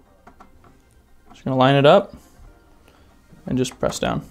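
An internal power cable plug is lined up and pressed down toward its socket on the power supply of a Microsoft Xbox One S during a no-power supply replacement repair. A few faint handling ticks are heard while someone talks. The connector has not clicked or seated yet.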